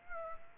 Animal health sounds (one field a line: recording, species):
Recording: mosquito wingbeat signal from an infrared sensor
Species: Aedes aegypti